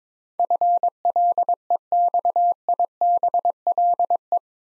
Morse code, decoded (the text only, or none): FLEXIBLE